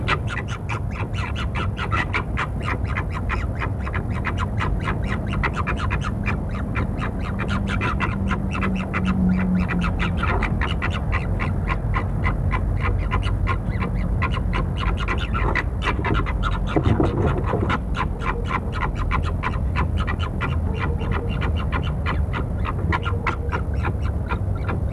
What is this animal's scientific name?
Vulpes corsac